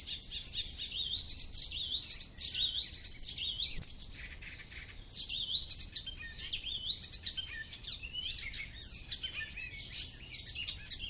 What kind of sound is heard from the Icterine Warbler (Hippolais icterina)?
song